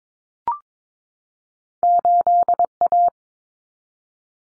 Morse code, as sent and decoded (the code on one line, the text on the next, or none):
---.. .-
8A